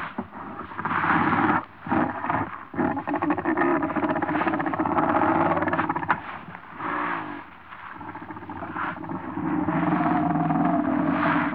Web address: BBC Sound Effects Library - Africa - Natural World - Wart Hogs, Close Up Growls, Snarl